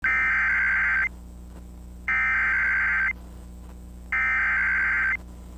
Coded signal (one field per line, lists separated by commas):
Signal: Emergency Alert System (SAME) tones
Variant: header bursts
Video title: Severe Thunderstorm Warning (9/12/25) [EAS #301]